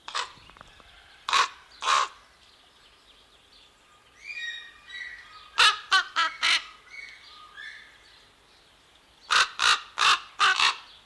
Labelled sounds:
Common Raven call
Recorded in captivity
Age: adult
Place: Zoo Berlin, Berlin, DE
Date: 1997-12-30
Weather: fair, 3°C
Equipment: Marantz CP 130, Sony F-V9, Kopie Uher 4000 Report Monitor
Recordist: Tembrock, Günter

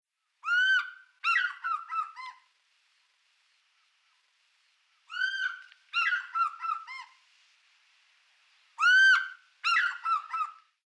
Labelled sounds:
African Fish-eagle
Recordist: Tembrock, Günter
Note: Rufreihen

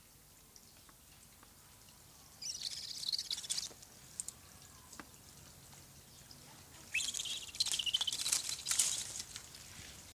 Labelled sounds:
Snowy Owl
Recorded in captivity
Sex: female
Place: Zoo Berlin, Berlin, DE
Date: 2003-09-05 15:10
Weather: heiter, ca. 22°C
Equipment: Fair Mate ST-1328 (Asahi Electronics, Japan), Sennheiser ME 80, Kopie Uher 4000 Report Monitor
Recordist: Tembrock, Günter

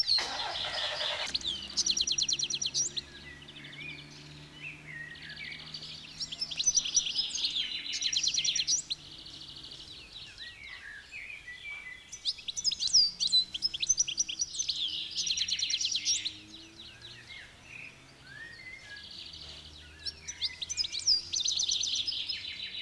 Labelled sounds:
European Goldfinch song
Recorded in the wild
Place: Montreux, Rocher-de-Naye, Kanton Waadt, CH
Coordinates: 46.4314, 6.93778
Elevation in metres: 1051
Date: 1986-05-25
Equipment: Uher 4000 Report, Sennheiser MKH 815 T
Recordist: Tretzel, Erwin

